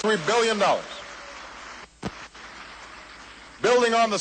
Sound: applause